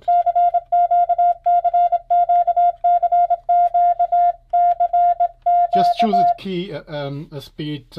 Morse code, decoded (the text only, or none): CQ CQ CQ CQ